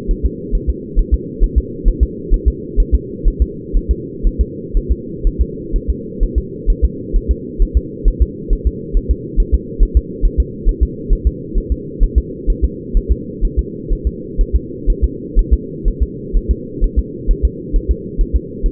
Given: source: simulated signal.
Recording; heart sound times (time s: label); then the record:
fetal heart sounds
0.11 s: S1
0.26 s: S2
0.55 s: S1
0.70 s: S2
0.99 s: S1
1.14 s: S2
1.44 s: S1
1.58 s: S2
1.88 s: S1
2.03 s: S2
2.34 s: S1
2.48 s: S2
2.80 s: S1
2.95 s: S2
3.28 s: S1
3.42 s: S2
3.77 s: S1
3.91 s: S2
4.27 s: S1
4.41 s: S2
4.77 s: S1
4.92 s: S2
5.27 s: S1
5.41 s: S2
5.76 s: S1
5.90 s: S2
6.23 s: S1
6.38 s: S2
6.70 s: S1
6.85 s: S2
7.16 s: S1
7.31 s: S2
7.62 s: S1
7.77 s: S2
8.08 s: S1
8.22 s: S2
8.53 s: S1
8.67 s: S2
8.97 s: S1
9.11 s: S2
9.40 s: S1
9.54 s: S2
9.83 s: S1
9.97 s: S2
10.25 s: S1
10.40 s: S2
10.69 s: S1
10.83 s: S2
11.13 s: S1
11.27 s: S2
11.58 s: S1
11.72 s: S2
12.03 s: S1
12.18 s: S2
12.50 s: S1
12.65 s: S2
12.97 s: S1
13.12 s: S2
13.45 s: S1
13.59 s: S2
13.93 s: S1
14.07 s: S2
14.41 s: S1
14.56 s: S2
14.90 s: S1
15.04 s: S2
15.39 s: S1
15.53 s: S2
15.88 s: S1
16.03 s: S2
16.37 s: S1
16.51 s: S2
16.84 s: S1
16.99 s: S2
17.31 s: S1
17.45 s: S2
17.76 s: S1
17.91 s: S2
18.21 s: S1
18.36 s: S2
18.66 s: S1
From the record:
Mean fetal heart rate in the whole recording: 130 bpm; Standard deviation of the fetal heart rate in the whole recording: 4 bpm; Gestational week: 38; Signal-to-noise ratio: -4.1 dB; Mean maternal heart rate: no maternal heart sound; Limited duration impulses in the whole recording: absent